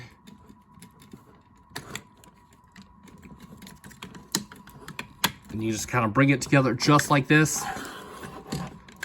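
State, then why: Not seated. Plastic arm parts of a Monocrat Megatank MT-01B transforming robot figure (a Masterpiece Megatron, Bumblebee movie concept) are handled and brought together, making scattered sharp plastic taps and clicks while someone talks. Nothing has seated or snapped together yet; the clip ends before the part goes home.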